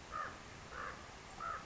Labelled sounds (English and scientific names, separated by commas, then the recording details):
Common Raven (Corvus corax)
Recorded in Sonoma County, California